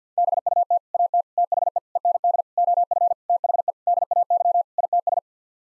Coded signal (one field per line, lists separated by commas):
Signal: Morse code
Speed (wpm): 50 wpm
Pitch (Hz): 700 Hz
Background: none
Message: BUT AT THE END OF THE DAY ITS